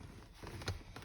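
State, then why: Not seated. Someone reaches in and handles the second metal LATCH connector of a car seat's lower anchor, bringing it toward the vehicle's anchor bar on the other side. Soft rustling is broken by short knocks and taps around 0.5, 0.6, 0.7 and 1.0 seconds. Nothing has seated or clicked yet.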